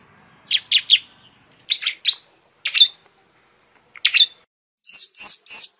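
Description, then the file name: Prinia song: clusters of one to three sharp chirps, ending with three drawn-out, very high squeaky notes. "suara burung ciblek semi"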